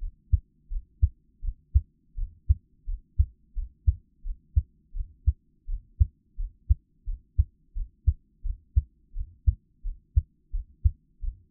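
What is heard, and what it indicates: Steady, regular low paired thumps of an adult's heartbeat, about 87 beats a minute, with no talking or other sound.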